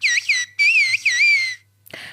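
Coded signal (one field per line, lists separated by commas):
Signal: whistled language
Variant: Turkish kuş dili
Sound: a loud piercing whistle gliding up and down in four connected phrases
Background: low hum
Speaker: if you find yourself wandering through the mountains of noreaster turkey you might catch this sound on the breeze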